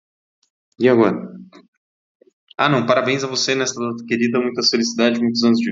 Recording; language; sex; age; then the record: short text; Brazilian Portuguese; male; 30 to 39 years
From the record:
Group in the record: control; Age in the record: 31 years